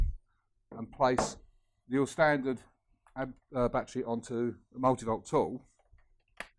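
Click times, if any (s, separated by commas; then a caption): none. A standard power-tool battery is pushed onto the battery shoe of a MultiVolt power tool while someone talks. It makes one short bump against the wider shoe at about 6.4 s. The battery does not slide on or lock, and nothing has seated or clicked yet.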